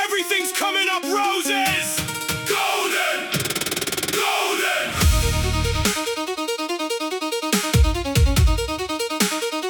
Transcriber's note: group chant